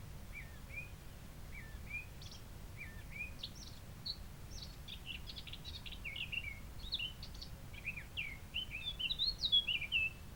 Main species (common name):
Eurasian Blackcap